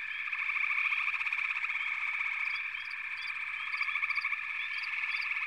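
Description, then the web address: Frog chorus, a dense wall of overlapping trilled croaks from many callers, with quick rising chirps sounding above the steady drone. "The Natural Sounds of the Wilderness 10 CDs collection Echoes of Nature - Sampler 08 Frog Chorus"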